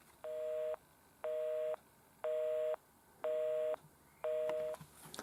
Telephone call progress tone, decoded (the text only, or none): busy tone